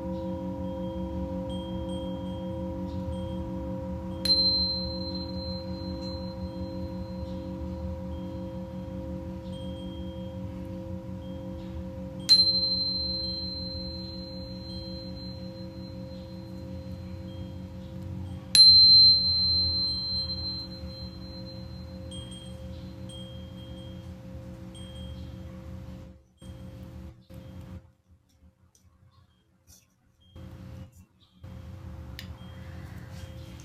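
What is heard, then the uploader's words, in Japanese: Tibetan singing bowls hum in a steady, low, wavering drone with a slow pulsing beat. Three clear strikes land at about 4, 12 and 19 seconds, each leaving a bright high ring that fades over a few seconds. Near the end the sound briefly cuts out. 夜のシンギングボウルのサウンドヒーリング。チベタンシンギングボウルのサウンドヒーリングデス。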